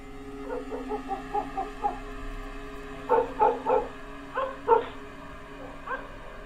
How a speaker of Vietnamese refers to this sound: Một đêm cứ kinh hoàng như vậy trôi qua, chốc chốc lại có tiếng chó cắn ma ông ổng ông ổng.